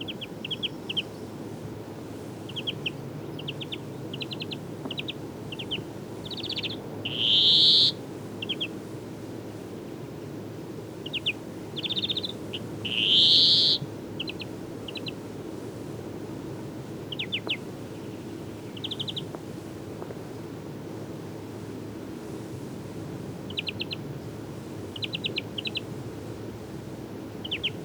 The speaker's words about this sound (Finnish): Viherpeippo laulaa yleensä korkealla puun latvassa. Pohjoisimmassa Suomessa viherpeippoa ei tavata. Kuuntelemme vielä viherpeipon reipasta laulua.